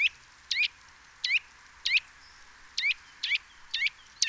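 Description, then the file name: Eurasian nuthatch producing sharp, slightly rasping call notes roughly every half second, clear and loud. "Sitta europaea"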